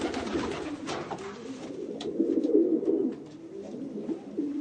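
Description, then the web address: Low, throaty pigeon cooing builds into a fuller burst of coos halfway through, with scattered taps and rustling above. "sound bird-pigeon"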